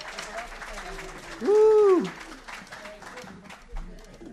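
An audience at a jazz meeting applauds the event's organizer steadily for the whole stretch, a dense wash of clapping, with a loud rising-and-falling whoop from the crowd cutting through briefly in the middle.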